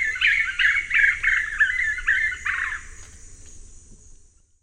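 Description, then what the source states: Black-fronted nunbird giving a fast series of mellow, slightly slurred whistled notes, about three per second, that fade away into quiet after about two and a half seconds. Eastern lowlands of South America.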